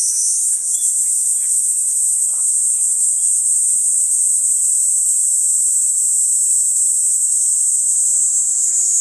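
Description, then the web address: Kaempfer cicada song as a constant sizzling high drone, steady in pitch and loudness. "ニイニイゼミ. arpla 自然音研究室"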